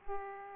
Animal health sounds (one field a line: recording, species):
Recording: mosquito wingbeat signal from an infrared sensor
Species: Aedes aegypti